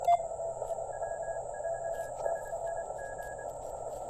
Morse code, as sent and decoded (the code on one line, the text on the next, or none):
.-- ....- ... .. --.
W4SIG